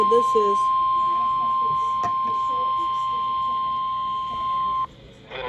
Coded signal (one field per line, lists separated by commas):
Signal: Emergency Alert System (SAME) tones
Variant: 1050 Hz attention tone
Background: speech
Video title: EAS #228 Severe Thunderstorm Warning For MY COUNTY On NWR